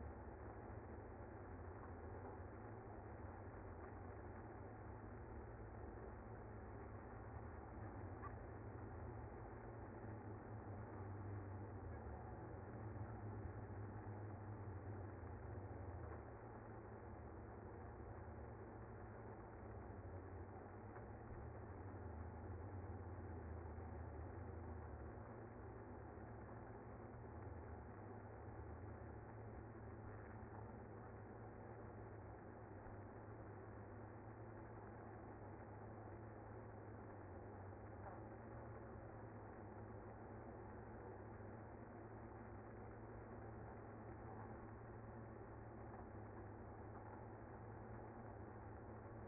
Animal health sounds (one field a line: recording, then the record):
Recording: honeybee colony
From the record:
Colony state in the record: active